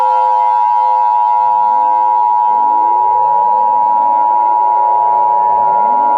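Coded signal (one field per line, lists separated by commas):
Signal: Emergency Alert System (SAME) tones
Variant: 853 and 960 Hz attention tone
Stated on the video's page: Fictional EAS scenario.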